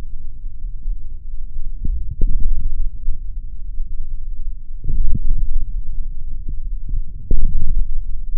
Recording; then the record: forearm muscle sounds (acoustic myography)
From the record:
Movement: forearm supination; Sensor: system 3, bracelet of six PUI Audio POM-2738L microphones around the upper forearm, with dedicated amplification and filtering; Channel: 4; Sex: male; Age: 26 years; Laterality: right